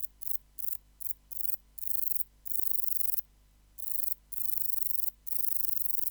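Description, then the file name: Two-coloured bush-cricket song: high, hissing buzzy bursts, first short and rapid, then longer sustained trills separated by brief pauses, over a low steady hum. "Metrioptera bicolor"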